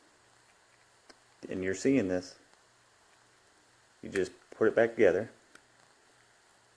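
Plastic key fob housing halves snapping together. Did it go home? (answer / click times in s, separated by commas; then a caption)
no / none. Someone talks while handling the two halves of a plastic key fob housing, putting them back together after the battery was removed, with a few faint ticks between the words. Nothing has snapped together or seated yet when the clip ends.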